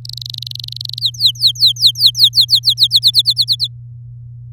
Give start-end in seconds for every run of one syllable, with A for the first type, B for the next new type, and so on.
0.05-1.00 A, 1.01-2.88 B, 2.91-3.67 C